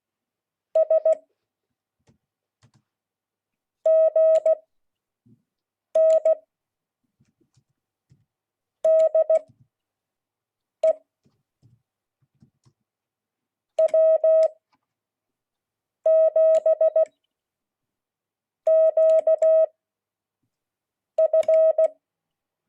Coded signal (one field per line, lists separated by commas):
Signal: Morse code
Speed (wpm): 16 wpm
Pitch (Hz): 640 Hz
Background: none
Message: SGN DE W7QF